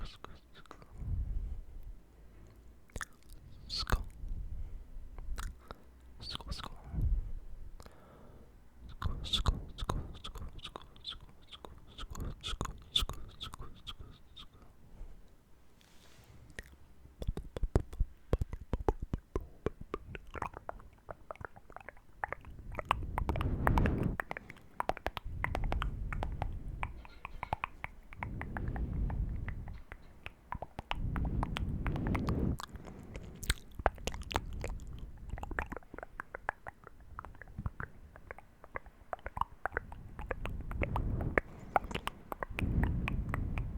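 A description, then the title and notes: Wet ear nibbles and mouth sounds, made of irregular clicks, smacks and soft chewing noises. The first fifteen seconds are sparse, with sharp clicks and brief high squeaks. After that it grows denser and louder, with low muffled rubbing swells and frequent smacking. YOUR ear nibbles & mouth sounds ASMR.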